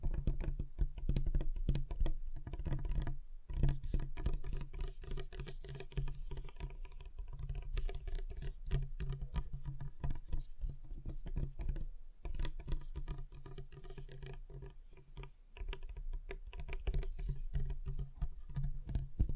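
Tapping on a table, with dense, rapid knocks and taps running almost without pause for the whole stretch. The hits are mostly dull and low, with a steady low hum beneath, and brief gaps near 3 and 12 seconds break the otherwise busy pattering.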